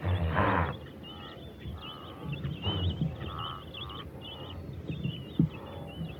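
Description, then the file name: Wildebeest deep nasal grunts, one loud burst early and fainter ones later, over a steady chorus of high chirping birds. "Antilopa gnu"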